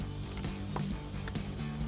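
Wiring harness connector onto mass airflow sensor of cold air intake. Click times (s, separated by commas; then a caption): 0.8 s, 1.3 s. A plastic wiring harness connector is pressed onto the mass airflow sensor on the intake tube of a Corsa Performance closed box cold air intake on a 2019-2025 5.3L Sierra 1500, and the red plastic locking tab is pushed toward the sensor. Over steady background music, sharp clicks sound at 0.8 s and 1.3 s as the connector seats and the locking tab is pushed home.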